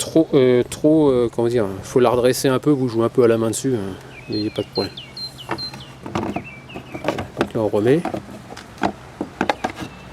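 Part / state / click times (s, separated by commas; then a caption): heated mirror glass onto car door mirror adjuster plate / seated / 9.4 s, 9.5 s. New heated door-mirror glass for a Mercedes exterior mirror is pressed by hand onto the mirror's plastic adjuster plate while someone talks. Sharp clacks are heard at 9.4 and 9.5 seconds as its clips catch and the glass seats on the plate.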